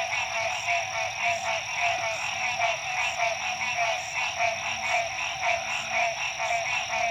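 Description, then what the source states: Chorus of frogs, a thick wall of raspy trills throbbing in waves, plus a constant thin high tone. Frogs at dusk, La Rue PH, Illinois.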